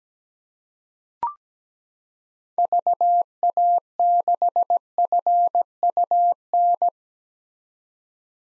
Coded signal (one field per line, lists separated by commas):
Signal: Morse code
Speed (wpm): 17 wpm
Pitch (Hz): 700 Hz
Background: none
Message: VA6FUN